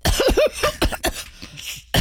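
An adult coughs several times in a row in a radio studio.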